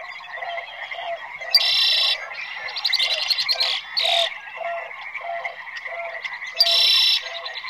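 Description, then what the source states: Frogs croaking, a short note repeated about twice a second, with several loud buzzy bursts over a constant hum. Frogs heard outdoors in nature together with cicadas and birds.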